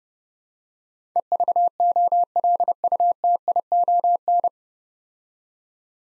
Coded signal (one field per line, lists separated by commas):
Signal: Morse code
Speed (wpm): 29 wpm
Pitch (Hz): 700 Hz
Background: none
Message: EVOLUTION